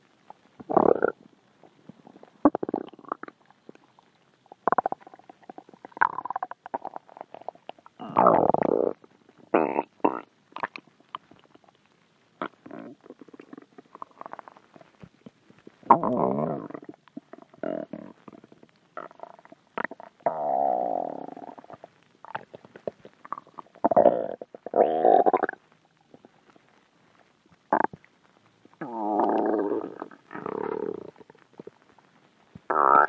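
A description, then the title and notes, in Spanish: Stomach and gut noises of digestion gurgle and rumble close up through the whole recording, in irregular bursts separated by brief quiet gaps. Some gurgles are short squelches, others longer bubbling growls, mostly low-to-mid pitched, with louder stretches around the middle and end. Como se escucha digerir dos gallos de queso y un café. Registro hecho con un iphone 4 presionando la parte de los micrófonos sobre la piel del abdomen despues de 10 seg de la ingesta.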